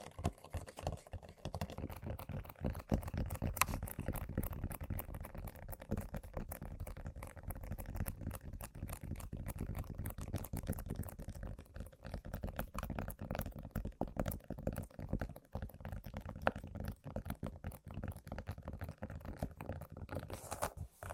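Tapping and scratching on random objects, with dense, uneven clicks and scrapes running through the whole stretch. Sharp taps land every fraction of a second over a low, rumbling rub, with brief crunchy and crinkly textures mixed in and no pauses.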